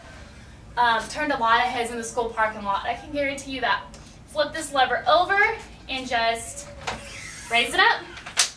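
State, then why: Seated. A Quinny Moood stroller is unfolded by flipping a lever on the folded frame and raising it up while someone talks. The frame's fold lock clicks into the open position at 8.4 s, and the stroller is locked open and ready to use.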